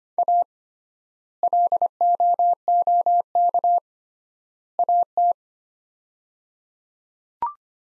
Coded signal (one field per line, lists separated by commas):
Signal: Morse code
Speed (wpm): 25 wpm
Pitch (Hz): 700 Hz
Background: none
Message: A LOOK AT